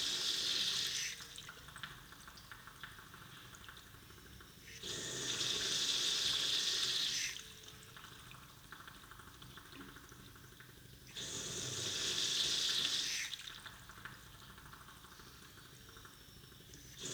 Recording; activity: daily activity, guitar pickup as the sensor; flush